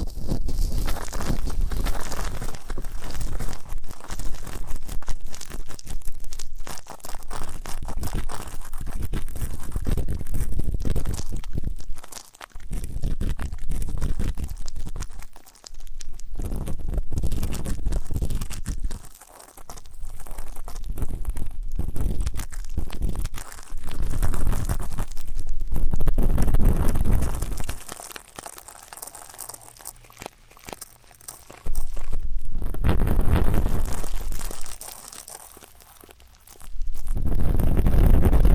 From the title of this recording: ASMR 3D Deep Ear Canal & Eardrum Cleaning